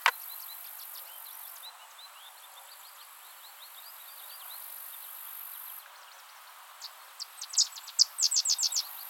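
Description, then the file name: Sedge wren song near the end: hesitant chips building into a rapid, dry staccato chatter, preceded by several seconds of faint high ticking notes. "Cistothorus stellaris - Sedge Wren"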